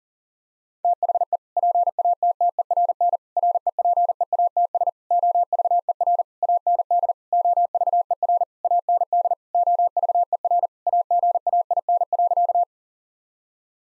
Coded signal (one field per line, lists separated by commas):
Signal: Morse code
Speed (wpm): 40 wpm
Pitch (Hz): 700 Hz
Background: none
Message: THE PATTERN REPEATS OVER AND OVER AND OVER AGAIN.